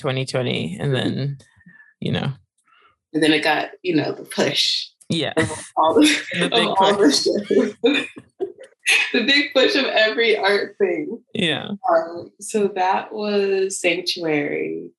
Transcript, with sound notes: And then you know…
And then it got, you know, the push.
Yeah ( laughs) the big push.
The big push of every art thing! So.
So that was sanctuary